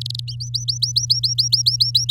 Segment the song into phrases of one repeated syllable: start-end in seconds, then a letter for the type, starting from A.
0.01-0.20 A, 0.28-2.10 B